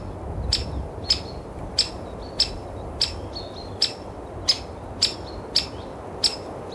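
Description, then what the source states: Bird giving crisp high chirps about every half second to second, with a few quieter twittering notes between, and wind rumbling underneath. Birds twittering in windy conditions.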